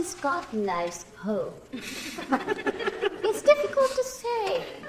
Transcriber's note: laughing